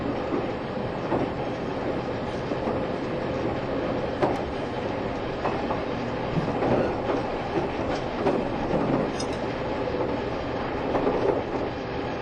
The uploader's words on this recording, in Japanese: 台鐵EMU1200型 自強號122次02 新營～彰化。縦貫線を北上する自強號のうち、吊掛駆動車両の台鐵EMU1200型電車を収録したものです。吊り掛け駆動独特のモーター音を唸らせながら爆走しています。